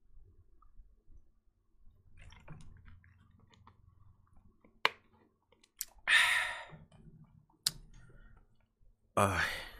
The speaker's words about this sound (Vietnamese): Đợi mình chút, mình uống hớp nước cái.